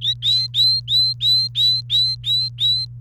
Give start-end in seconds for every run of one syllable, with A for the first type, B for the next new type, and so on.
0.01-2.85 A